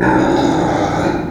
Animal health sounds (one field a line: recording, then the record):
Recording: squeal of a Yucatan mini pig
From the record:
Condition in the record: before surgery on the right vocal fold (resection and tissue-engineered implant)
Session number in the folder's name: 1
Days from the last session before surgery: -21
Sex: female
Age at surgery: 19 weeks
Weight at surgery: 25 kg